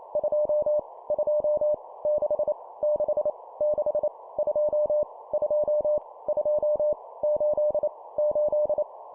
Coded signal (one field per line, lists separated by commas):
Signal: Morse code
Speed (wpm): 28 wpm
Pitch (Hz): 600 Hz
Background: none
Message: 2 2 6 6 6 2 2 2 8 8